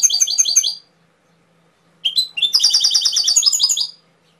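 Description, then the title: Canary song: a quick series of repeated high notes, a brief pause, then a longer run of fast rolling trills. Canary training (masteran) song with full fill-in phrases (isian). "mster Mnuk. Masteran Kenari Full Isian"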